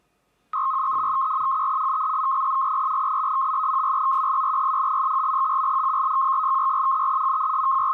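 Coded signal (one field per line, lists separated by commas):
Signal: modem data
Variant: 100 baud FSK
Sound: steady warbling tone rapidly flipping between two close pitches near 1.2 kHz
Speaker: The WAV file is transmitting 100 baud text, which I've converted from text to FSK, frequency shift keying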